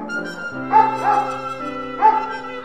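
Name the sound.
dog barking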